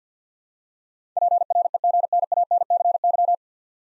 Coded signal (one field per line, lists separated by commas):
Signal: Morse code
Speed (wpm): 50 wpm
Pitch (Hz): 700 Hz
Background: none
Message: PREGNANCY